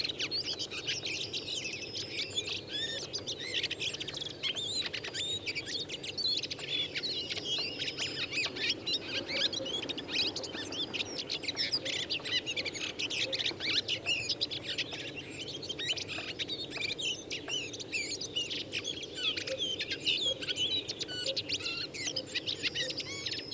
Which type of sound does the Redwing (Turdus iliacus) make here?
song